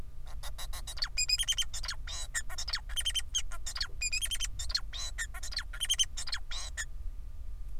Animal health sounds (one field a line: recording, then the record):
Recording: song of a male Bengalese finch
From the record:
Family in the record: son of father 4